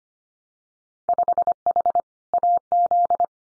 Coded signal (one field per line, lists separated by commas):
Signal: Morse code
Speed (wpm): 25 wpm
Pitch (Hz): 700 Hz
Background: none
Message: 5H AZ